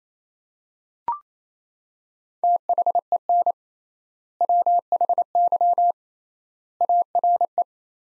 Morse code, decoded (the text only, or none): THEN WHY ARE